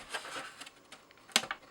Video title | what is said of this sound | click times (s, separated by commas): Fixing My Old Red Trailfinder 2 After its 8ft Swan Dive, RC Repair | there we go you can feel it kind of snap | 1.4 s